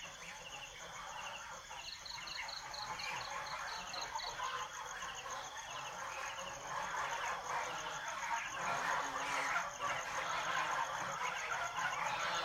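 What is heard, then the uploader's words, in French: Geese honk and gabble in a dense, overlapping chorus that grows louder and busier after about eight seconds. A steady high insect whine runs throughout, and a quick series of high chirps comes between two and four seconds. Oies - Sa Pa - 19h. Vietnam 2019.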